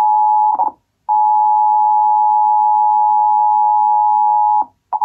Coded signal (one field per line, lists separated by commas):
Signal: Emergency Alert System (SAME) tones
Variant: 853 and 960 Hz attention tone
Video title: (EMNet) EAS Required Monthly Test on TBD. (WUPA) (5/15/2024)